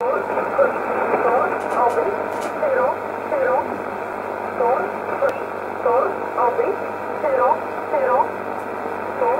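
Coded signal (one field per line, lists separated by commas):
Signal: numbers station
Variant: E11 Oblique, English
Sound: faint male voice reading short, evenly spaced words through heavy shortwave hiss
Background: radio static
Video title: 04 10 2019 E11 Oblique Numbers station in English 0821 on 5941 unknown tx site in USB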